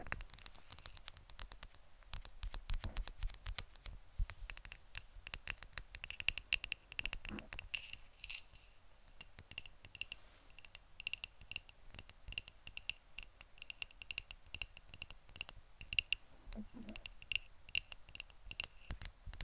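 Rapid, dense tapping fills the recording, a stream of sharp, bright clicks that runs unbroken from start to finish and grows busier after about eight seconds. The taps are close and crisp, with faint low scraping underneath, heard in a small room.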